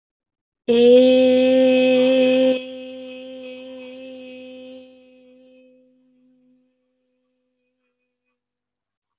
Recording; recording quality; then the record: sustained vowel as in made; excellent, no background noise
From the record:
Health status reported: healthy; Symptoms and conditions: none ticked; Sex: female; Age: 21 years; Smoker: not ticked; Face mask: not worn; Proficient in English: yes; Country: India